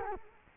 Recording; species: mosquito wingbeat signal from an infrared sensor; Culex quinquefasciatus